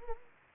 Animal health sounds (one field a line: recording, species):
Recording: mosquito wingbeat signal from an infrared sensor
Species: Anopheles arabiensis